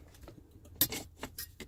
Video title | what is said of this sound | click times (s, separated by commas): 1996 Honda Accord heater core replacement 2 | See that? You guys see how it just snapped back in? | 0.8 s